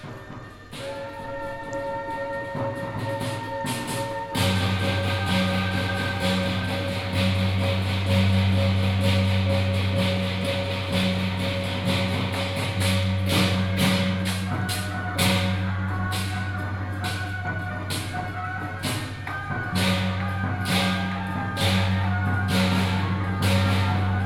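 Temple fair drums and gongs: a few sustained ringing tones open the clip, then around four seconds a heavy, droning low drum rumble takes over and holds. Sharp cymbal clashes strike repeatedly over it, growing quicker and denser toward the end.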